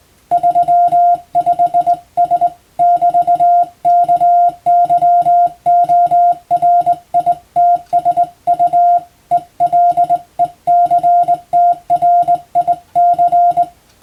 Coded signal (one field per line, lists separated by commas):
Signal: Morse code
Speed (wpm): 21 wpm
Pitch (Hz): 700 Hz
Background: music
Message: 35S <BT> KYORITSU ELECTRIC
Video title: 無線従事者国家試験総合無線通信士電気通信術のトレーニングにＣＷを打ってみました。アマチュア無線ハムの受信練習にもどうぞ(morse code practice for radio operator )